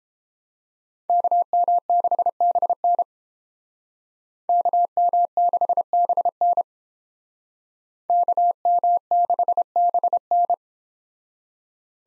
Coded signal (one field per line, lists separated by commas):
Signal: Morse code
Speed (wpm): 30 wpm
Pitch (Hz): 700 Hz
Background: none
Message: KM6BN KM6BN KM6BN